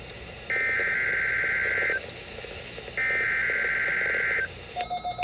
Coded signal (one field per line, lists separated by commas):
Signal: Emergency Alert System (SAME) tones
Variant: header bursts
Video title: (EAS #184) KMKX Required Weekly Test